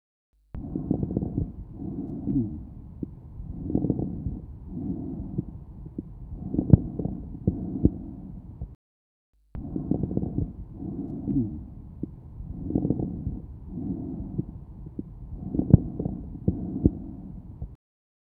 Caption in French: Crépitants fins, inspiratoires, qui prédominent au milieu de l'inspiration et respectent la fin de l'inspiration. Il s'y associe un roncus, entendu seulement au cours de la première expiration, et un souffle tubaire. Il existe enfin quelques crépitants expiratoires.